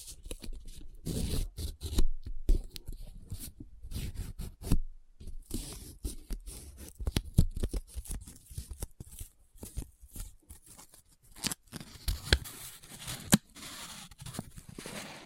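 Paper handled close up: quick crinkles, rubs and scratchy scrapes come in irregular bursts, with brief pauses of near silence around the third and fifth seconds. The sound is crisp and bright, with sharp crackling snaps scattered throughout and a few louder crunches.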